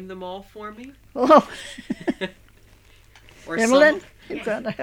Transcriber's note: they laugh